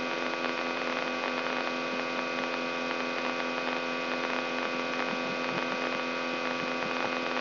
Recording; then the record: brain microelectrode recording played as sound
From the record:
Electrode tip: inside the subthalamic nucleus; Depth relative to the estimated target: -2 mm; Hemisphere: left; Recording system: AlphaMap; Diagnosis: Parkinson's disease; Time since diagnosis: 17 years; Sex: male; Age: 64 years